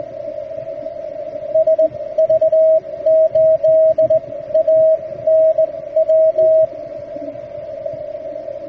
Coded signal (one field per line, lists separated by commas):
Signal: Morse code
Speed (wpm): 18 wpm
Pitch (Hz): 640 Hz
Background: radio noise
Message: SV8ANW